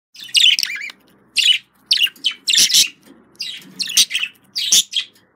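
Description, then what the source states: Budgerigar giving loud scratchy chirps in several separate bursts over a faint low murmur. Described as a love sound.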